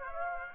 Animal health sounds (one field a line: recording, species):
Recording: mosquito wingbeat signal from an infrared sensor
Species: Aedes aegypti